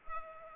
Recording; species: mosquito wingbeat signal from an infrared sensor; Culex pipiens